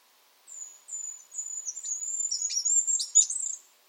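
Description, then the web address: Bird song: one continuous phrase of thin, very high whistled notes that grows busier and louder, ending in rapid twittering. The background is silent. "cianscape. Deverinetal 2025. Bird Only"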